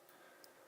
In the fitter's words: push it in that's it it clicks in place